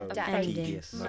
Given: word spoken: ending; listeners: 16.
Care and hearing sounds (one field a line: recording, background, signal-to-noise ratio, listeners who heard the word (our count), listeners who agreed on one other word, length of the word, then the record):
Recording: one English word in noise, from a listening test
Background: four-talker babble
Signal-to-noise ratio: -0.3 dB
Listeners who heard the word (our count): 4 of 16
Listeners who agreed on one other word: 7 of 16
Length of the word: 0.69 s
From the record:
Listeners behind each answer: 7, 4, 1, 1, 1, 1, 1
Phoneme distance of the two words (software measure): 44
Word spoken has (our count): 2 syllables, 5 phonemes, stress on syllable 1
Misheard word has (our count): 2 syllables, 5 phonemes, stress on syllable 2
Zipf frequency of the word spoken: 4.34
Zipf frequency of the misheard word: 3.82